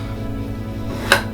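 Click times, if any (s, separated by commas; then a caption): 1.1 s. A bare G-Technology G-Drive EV portable hard drive is pushed back into its rugged All-Terrain Case (Thunderbolt) and seats on the internal SATA connector. A steady low hum runs under the clip until a single sharp click at 1.1 seconds. The drive is confirmed seated in the port.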